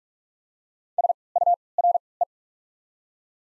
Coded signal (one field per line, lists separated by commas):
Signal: Morse code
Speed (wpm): 44 wpm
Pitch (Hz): 700 Hz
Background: none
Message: S U R E